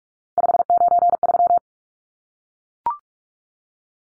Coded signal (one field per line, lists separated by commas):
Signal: Morse code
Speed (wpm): 44 wpm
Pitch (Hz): 700 Hz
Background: none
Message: 593